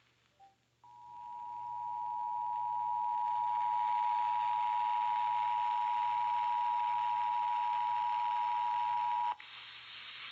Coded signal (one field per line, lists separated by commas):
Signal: Emergency Alert System (SAME) tones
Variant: 853 and 960 Hz attention tone